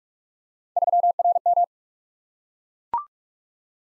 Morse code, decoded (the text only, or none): 3RM